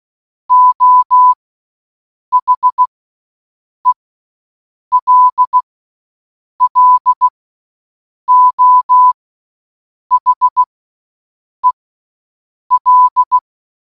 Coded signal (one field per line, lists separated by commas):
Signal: Morse code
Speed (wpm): 16 wpm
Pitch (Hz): 1000 Hz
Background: none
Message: O HELLO HEL